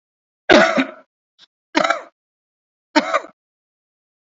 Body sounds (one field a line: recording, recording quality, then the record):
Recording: heavy voluntary cough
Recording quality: excellent, no background noise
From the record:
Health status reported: COVID-19 positive, moderate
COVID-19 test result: positive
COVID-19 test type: RT-PCR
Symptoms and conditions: cough, cold, breathing difficulty, sore throat, fever, fatigue, muscle pain, diarrhoea, hypertension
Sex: male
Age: 36 years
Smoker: yes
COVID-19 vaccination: one dose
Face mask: worn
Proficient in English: no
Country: India